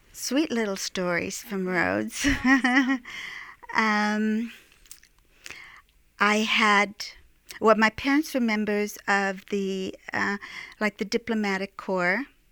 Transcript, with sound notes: sweet little stories from Rhodes (she laughs)
Tell me.
I had...well, my parents were members of the...like the Diplomatic Corps